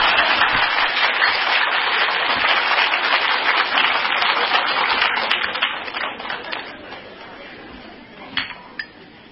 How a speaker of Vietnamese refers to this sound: Quý vị cho mấy ông tràng pháo tay.